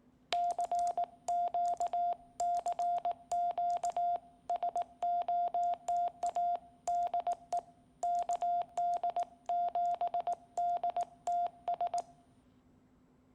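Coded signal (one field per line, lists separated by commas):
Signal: Morse code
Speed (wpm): 18 wpm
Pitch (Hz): 700 Hz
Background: radio noise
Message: CQ CQ SOTA DE KD7DTS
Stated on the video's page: Iambic CW sent from a modified Quansheng handheld on IJV firmware using an external battery-powered keyer kit.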